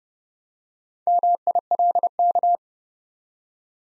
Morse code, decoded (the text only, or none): MILK